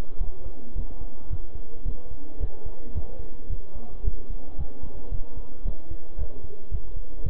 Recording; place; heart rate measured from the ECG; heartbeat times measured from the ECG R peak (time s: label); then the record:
heart sounds by stethoscope; between the tricuspid and mitral areas; 111 bpm
0.21 s: heartbeat
0.76 s: heartbeat
1.30 s: heartbeat
1.85 s: heartbeat
2.40 s: heartbeat
2.95 s: heartbeat
3.50 s: heartbeat
4.05 s: heartbeat
4.58 s: heartbeat
5.12 s: heartbeat
5.65 s: heartbeat
6.18 s: heartbeat
6.71 s: heartbeat
7.24 s: heartbeat
From the record:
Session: bicycle stress test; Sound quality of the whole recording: good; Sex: male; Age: 23 years